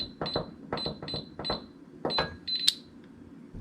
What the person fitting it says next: heard that release